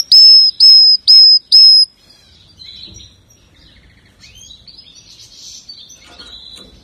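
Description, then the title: Atlantic canary song: four loud, evenly spaced whistled notes, then soft twittering and faint chirps. "Kenari"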